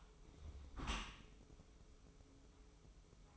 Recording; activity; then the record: daily activity, microphone in the room; close dishwasher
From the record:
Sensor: 1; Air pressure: 995.9 hPa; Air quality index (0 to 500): 63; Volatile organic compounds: 2 ppm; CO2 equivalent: 1276 ppm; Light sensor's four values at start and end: 30/105/40/41 and 30/104/40/41